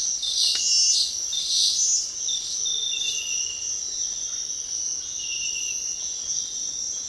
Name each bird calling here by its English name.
none